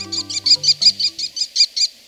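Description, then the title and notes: American Kestrel calling a fast series of about ten shrill, high 'klee' notes in two seconds, over soft low background music. "American Kestrel. BirdNote"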